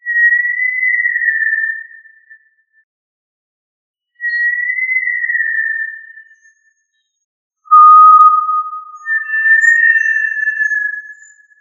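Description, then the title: Tinamou calling with long, pure, level whistles that dip slightly at the end, each lasting about two seconds, plus one lower steady whistled note. "Familia Tinamidae - Quail - Puyuh"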